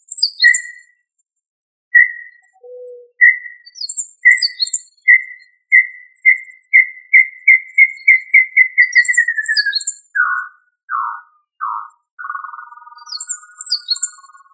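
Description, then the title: Tinamou whistled call: a long run of pure whistled notes that speed up and rise slightly, then slide lower into falling notes, with higher chirping notes above. "Familia Tinamidae - Quail - Puyuh"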